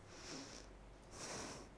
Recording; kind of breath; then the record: one breath in and out by a microphone near the nose and mouth; deep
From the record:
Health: marked as sick, illness not named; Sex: female